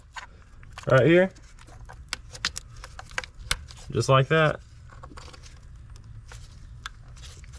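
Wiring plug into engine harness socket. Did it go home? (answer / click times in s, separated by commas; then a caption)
yes / 6.9 s. A plastic electrical wiring plug is pushed home into an engine harness socket on a 2012 Chrysler 300 3.6L V6 Pentastar during an oil filter housing change. Someone talks twice, with faint handling ticks and clatter around it. A very faint click at 6.9 s marks the connector seating.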